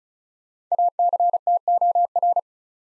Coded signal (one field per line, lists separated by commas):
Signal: Morse code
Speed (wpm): 36 wpm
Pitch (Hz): 700 Hz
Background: none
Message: ACTOR